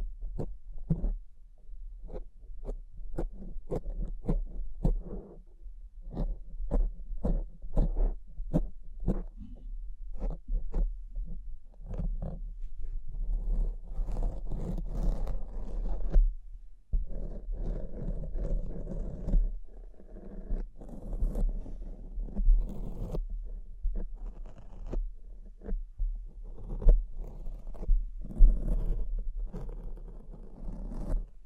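Rapid, regular tapping fills the first half, then gives way to denser scratching and brushing strokes with soft crinkles, over a steady low hum.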